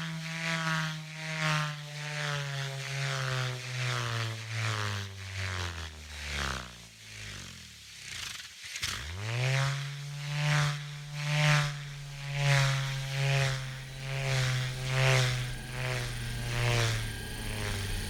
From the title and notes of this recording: This version mixes a range of revolving sounds that I find evocative of moving around an axis.